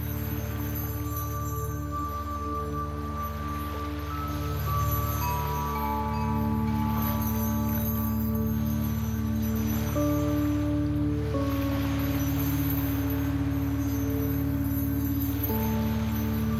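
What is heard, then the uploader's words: Soft chimes ring in long, overlapping sustained tones that shift pitch every few seconds, layered over a steady low hum and a constant washing hiss like waves. The level stays even throughout, with a slight swell near the five-second mark. Soft Chimes and Waves.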